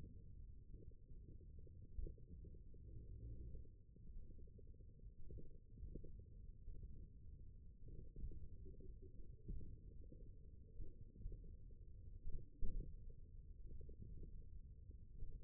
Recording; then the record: forearm muscle sounds (acoustic myography)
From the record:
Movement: tripod grip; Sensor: system 1, eight BSWA MPA416 microphones around the upper forearm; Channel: 5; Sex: male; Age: 20 years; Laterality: left